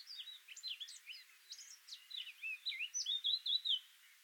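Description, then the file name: Eurasian blackcap singing a continuous, fast, scratchy warble of varied high notes, ending in a run of clearer repeated phrases. "Sylvia atricapilla"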